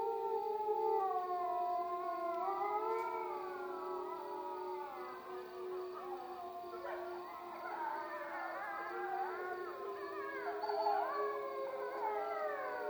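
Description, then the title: Wolf: several wolves howl together, with steady low tones beneath rising and falling higher howls that grow busier toward the end. Wolf recorded at Freita. "Wolf Soundscapes 10 Freita Melissa Pons"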